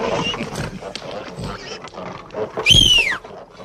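pigs grunting

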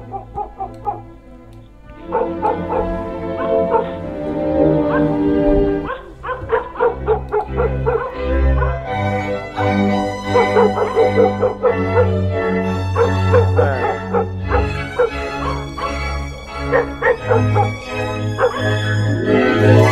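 village dogs barking

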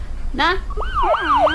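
police car siren

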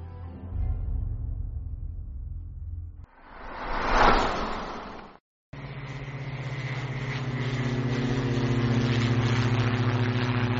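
airplane cabin engine drone

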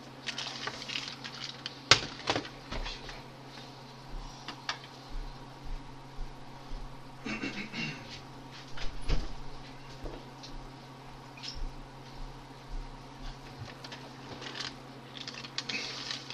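door being closed

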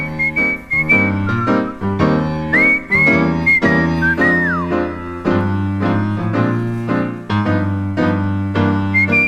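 whistling a tune

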